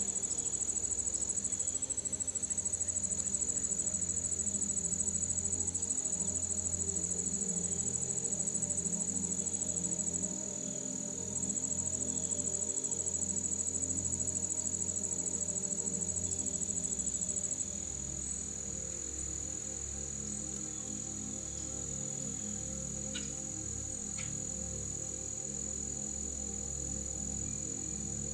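Forest sounds blend with soft, soothing music. A steady, shrill chorus of crickets or insects runs high above low, sustained tones that hum and swell slowly underneath. The overall level dips briefly around ten seconds and eases slightly after seventeen seconds.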